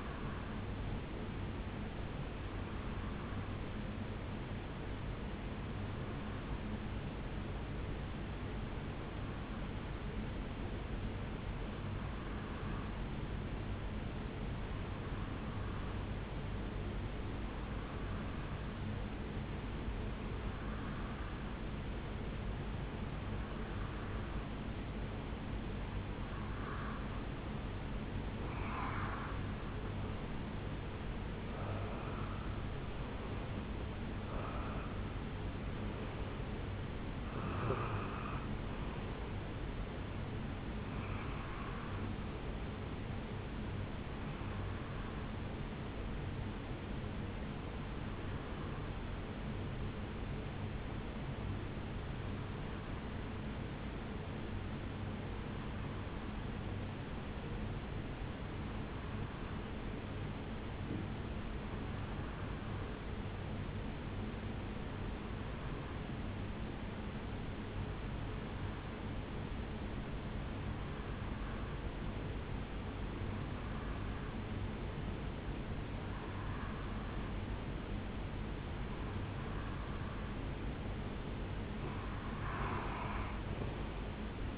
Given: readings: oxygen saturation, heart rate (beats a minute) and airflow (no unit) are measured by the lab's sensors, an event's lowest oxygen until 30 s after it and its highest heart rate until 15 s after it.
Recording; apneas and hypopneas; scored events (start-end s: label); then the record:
breathing in sleep by a voice recorder at the bedside; 2
4.00-28.80 s: hypopnea (N2, oxygen 95% highest, then 90% lowest, heart rate 63 at the start, 80 highest)
32.00-62.00 s: new sleep stage, N1 (lightest sleep)
50.00-78.30 s: hypopnea (N1, oxygen 96% highest, then 90% lowest, heart rate 61 at the start, 77 highest)
62.00-84.58 s: new sleep stage, N2 (light sleep)
From the record:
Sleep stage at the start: N2 (light sleep); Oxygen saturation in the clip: 90 to 96%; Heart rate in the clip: 57 to 80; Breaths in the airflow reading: 24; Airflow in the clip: -9.0 to 6.2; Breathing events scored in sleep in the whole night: 449 in 7.0 hours asleep